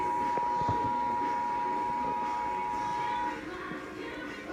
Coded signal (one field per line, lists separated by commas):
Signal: Emergency Alert System (SAME) tones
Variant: 853 and 960 Hz attention tone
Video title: Required Monthly Test EAS #71